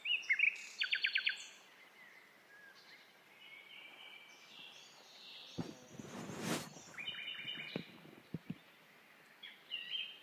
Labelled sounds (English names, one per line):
Common Nightingale song